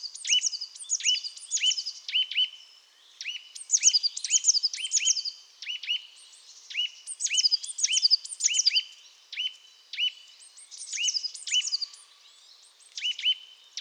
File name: Sitta europaea